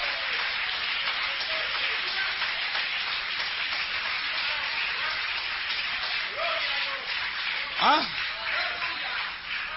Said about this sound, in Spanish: Dale un aplauso al Señor, que Él se lo merece.